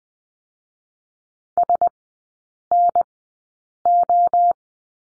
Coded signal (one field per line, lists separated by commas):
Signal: Morse code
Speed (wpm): 19 wpm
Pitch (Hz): 700 Hz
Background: none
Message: S N O